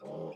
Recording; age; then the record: pig call; piglet (1 to 25 days)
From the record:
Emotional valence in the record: negative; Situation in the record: restrain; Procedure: in the arms of a person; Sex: male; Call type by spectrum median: low-frequency call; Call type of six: mixed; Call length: 0.36 s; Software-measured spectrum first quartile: 291 Hz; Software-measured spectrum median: 459 Hz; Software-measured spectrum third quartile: 598 Hz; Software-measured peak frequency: 513 Hz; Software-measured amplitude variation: 90 dB a second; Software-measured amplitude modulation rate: 23.9 a second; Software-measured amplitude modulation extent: 3.8 dB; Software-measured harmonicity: 1.9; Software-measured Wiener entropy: -0.02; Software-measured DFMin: 1196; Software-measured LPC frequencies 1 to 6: 513, 2478, 3177, 5090, 5932, 6698 Hz